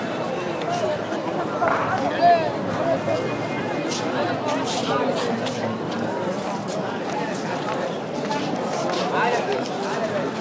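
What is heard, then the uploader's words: A busy street at evening, with many overlapping voices talking at once in a dense, steady crowd murmur. Sharper bright clicks and clatters pop up through it, like footsteps or objects knocking, with a few louder voices rising around two and nine seconds. Walking in Cairo, egypt on Friday evening.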